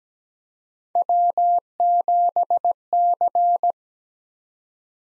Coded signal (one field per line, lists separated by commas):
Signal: Morse code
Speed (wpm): 17 wpm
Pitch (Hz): 700 Hz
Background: none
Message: W7C